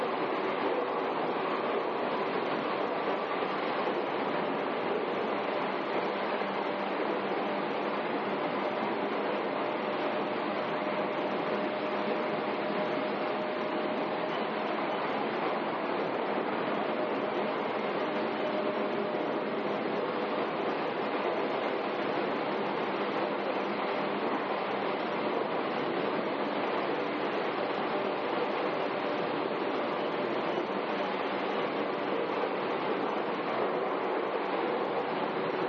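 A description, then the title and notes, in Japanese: An Izukyu 8000 series train runs along the Izukyu Line between Izukyu-Shimoda and Ito, a steady, dense rumble and rushing roar that barely changes over the whole stretch. A faint thin whine rises and holds for several seconds around the middle. 伊豆急8000系 伊豆急下田〜伊東。伊豆急行線の全区間の録音です。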